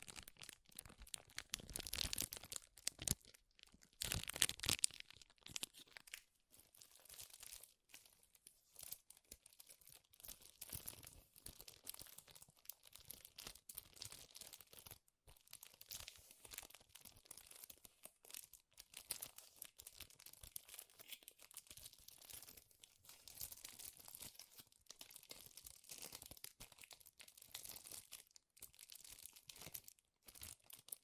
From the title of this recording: Powerful Crinkles